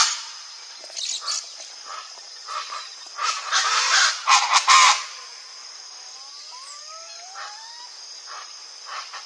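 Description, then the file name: Chaco chachalaca harsh, rasping chorus building to loud grating bursts midway, with softer scattered notes, a few slurred whistles from another bird and a constant high hum. Song; Pantanal. "canto do aracua do pantanal"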